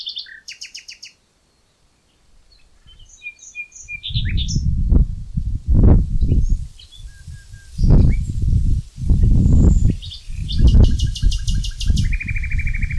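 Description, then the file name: Common nightingale song: varied phrases of sharp chirps, rapid repeated notes and a buzzy trill near the end, over heavy low rumbling noise from about four seconds on. "Luscinia megarhynchos"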